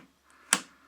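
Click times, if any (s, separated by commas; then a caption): 0.5 s. A RAM module is pushed down into a motherboard memory slot, with a faint tick at about 0.3 s before it latches with one sharp, bright click at 0.5 s. The click stands out strongly and decays quickly in a quiet indoor space. The module is seated in the slot.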